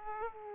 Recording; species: mosquito wingbeat signal from an infrared sensor; Aedes aegypti